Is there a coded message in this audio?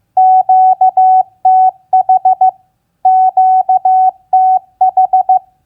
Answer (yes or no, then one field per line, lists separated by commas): yes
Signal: Morse code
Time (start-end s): 0.2-5.4 s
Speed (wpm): 15 wpm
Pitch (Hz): 750 Hz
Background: none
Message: QTH QTH